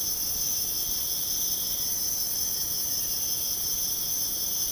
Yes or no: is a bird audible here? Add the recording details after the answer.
no. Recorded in pastures near Puerto Asís, Putumayo, Colombia, on 23 June 2025 at 05:00. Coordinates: 0.496, -76.326. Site GP01